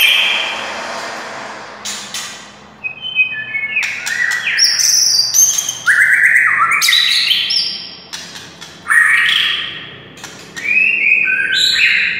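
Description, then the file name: White-rumped shama song: varied phrases of loud whistles that slide and step in pitch, interspersed with scratchy, buzzy notes and brief pauses. Wild bird. "suara murai hutan asli"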